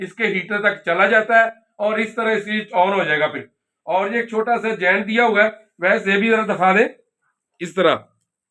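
A small top part is being handled and fitted onto a humidifier's plastic body while a man talks throughout, with short pauses between phrases. No click is heard, and the part has not yet seated or clicked into place by the end of the clip.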